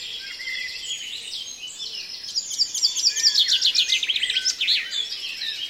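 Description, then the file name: Birds in a dawn chorus: many overlapping high chirps, trills and whistles, swelling into a dense burst of rapid repeated notes midway before easing again. "Reveil des oiseaux La Sonotheque"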